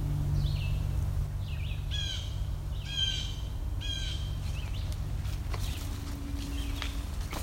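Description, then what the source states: Blue jay giving an odd call: several harsh, harmonic notes, over a low steady hum. Blue jay making a weird call, which the species is said to give at times; old-growth forest with a spicebush understory, Dundas Valley, Hamilton, midsummer morning.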